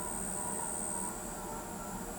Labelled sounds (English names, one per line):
none